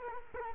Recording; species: mosquito wingbeat signal from an infrared sensor; Culex quinquefasciatus